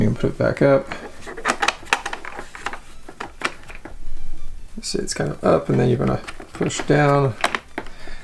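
Someone talks while handling the rear plug access cover on the back of a Wacom Cintiq 22 HD pen display, putting it back up and getting ready to push it down, with a few short sharp taps along the way. Nothing has seated or clicked yet; the cover has not locked into place.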